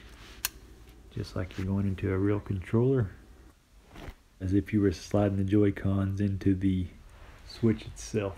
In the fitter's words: can hear it click just